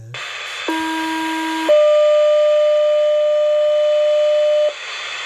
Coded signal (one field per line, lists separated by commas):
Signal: two-tone page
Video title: Pager tests